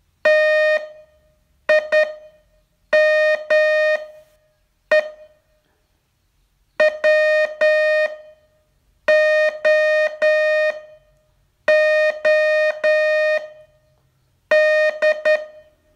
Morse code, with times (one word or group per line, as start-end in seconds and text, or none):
0.3-5.1 TIME
6.8-15.4 WOOD